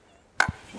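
A studio camera pedestal is pushed down slightly and the safety lock lever on its column is raised. The lock releases with a sharp, loud click at 0.4 s, followed by a short low thump, so the pedestal can be raised again.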